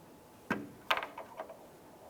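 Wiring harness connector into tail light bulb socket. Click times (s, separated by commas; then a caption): 0.9 s. A wiring harness connector is lined up with the upper bulb socket of an inner tail light housing on a 2001-2005 Honda Civic and pressed in. After a dull thump at about 0.5 s, a sharp click at 0.9 s marks the connector latching into the socket, followed by a few softer taps. The connector is seated.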